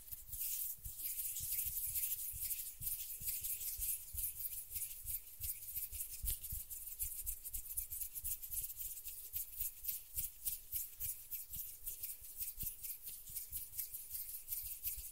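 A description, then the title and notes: Hands rub and brush against each other in a fast, continuous, uneven rhythm, making a bright, papery hiss with soft low thumps underneath. The strokes come many times per second without a break. ASMR RELAXING HAND SOUNDS - NO TALKING.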